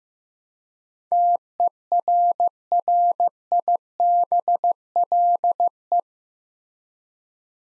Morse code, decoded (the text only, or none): TERRIBLE